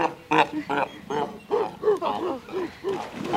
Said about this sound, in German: Die sind ja lustig. Na ja, das sind die Robben oder Seehunde, nicht?